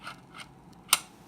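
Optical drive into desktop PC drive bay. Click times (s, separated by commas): 0.9 s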